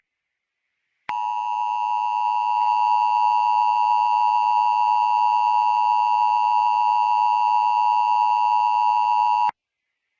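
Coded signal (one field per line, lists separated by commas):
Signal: Emergency Alert System (SAME) tones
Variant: 853 and 960 Hz attention tone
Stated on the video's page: Fictional EAS scenario.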